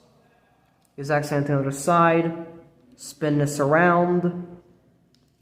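Someone talks while handling a Transformers Rise of the Beasts Jungle Mission 2 Pack Wheeljack/Pablo toy figure, bending a plastic part around on the second side of the figure toward a divot in the figure body. Only speech is heard over quiet background. Nothing has seated or clicked yet.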